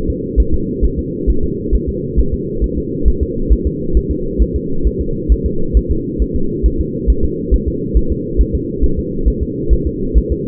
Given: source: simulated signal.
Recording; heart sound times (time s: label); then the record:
fetal heart sounds
0.10 s: S2
0.40 s: S1
0.54 s: S2
0.85 s: S1
0.99 s: S2
1.30 s: S1
1.44 s: S2
1.75 s: S1
1.89 s: S2
2.19 s: S1
2.34 s: S2
2.64 s: S1
2.78 s: S2
3.08 s: S1
3.23 s: S2
3.53 s: S1
3.67 s: S2
3.97 s: S1
4.11 s: S2
4.42 s: S1
4.56 s: S2
4.87 s: S1
5.01 s: S2
5.32 s: S1
5.46 s: S2
5.77 s: S1
5.91 s: S2
6.22 s: S1
6.36 s: S2
6.66 s: S1
6.81 s: S2
7.10 s: S1
7.25 s: S2
7.54 s: S1
7.68 s: S2
7.97 s: S1
8.12 s: S2
8.41 s: S1
8.55 s: S2
8.84 s: S1
8.99 s: S2
9.28 s: S1
9.43 s: S2
9.73 s: S1
9.87 s: S2
10.18 s: S1
10.32 s: S2
From the record:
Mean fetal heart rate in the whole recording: 135 bpm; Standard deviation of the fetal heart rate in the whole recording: 3 bpm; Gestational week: 34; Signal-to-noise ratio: -8.1 dB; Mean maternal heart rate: 72 bpm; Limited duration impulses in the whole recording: absent